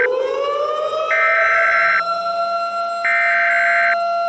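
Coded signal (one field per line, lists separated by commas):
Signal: Emergency Alert System (SAME) tones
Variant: header bursts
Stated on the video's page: Fictional mock scenario using valid EAS tones.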